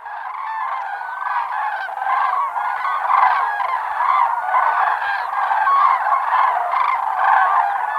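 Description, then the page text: Common crane flock giving a dense, unbroken chorus of rolling trumpeting calls, many birds overlapping throughout. A flock of common cranes calling together. "Common Crane Flock Calls. Quick Sounds"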